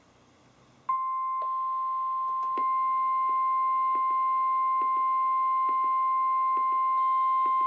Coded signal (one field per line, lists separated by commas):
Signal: Emergency Alert System (SAME) tones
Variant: 1050 Hz attention tone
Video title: EAS #53-#67: Spring has begun! | KHB36